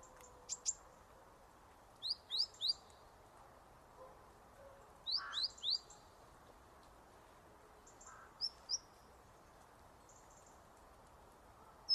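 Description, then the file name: Great tit giving repeated clusters of two or three rising chirps every few seconds, mixed with thin high notes and brief ticks, over soft constant background noise. "Parus major"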